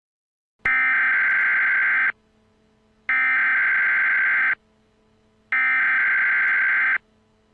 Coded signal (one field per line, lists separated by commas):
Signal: Emergency Alert System (SAME) tones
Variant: header bursts